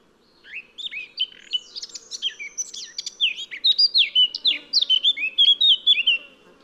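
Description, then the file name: Eurasian blackcap singing a fast, varied warble of scratchy and whistled notes that grows louder into a bright fluty flourish. "Sylvia atricapilla"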